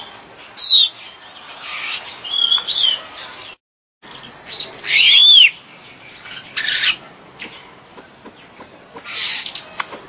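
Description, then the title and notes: Bird calls with scattered bright chirps and short arching whistles separated by quiet gaps, including one brief total silence partway through. "Bird Sound. Kicau Burung Lengkap"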